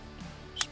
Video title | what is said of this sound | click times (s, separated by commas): RAM 2500 Dash Mount Fabrication + Test Fitting! | push it all the way in until it snaps. Now, it's in there. | 0.6 s